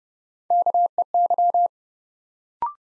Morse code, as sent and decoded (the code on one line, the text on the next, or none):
-.- . -.--
KEY